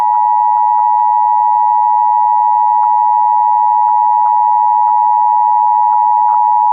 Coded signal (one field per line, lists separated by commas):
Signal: Emergency Alert System (SAME) tones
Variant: 853 and 960 Hz attention tone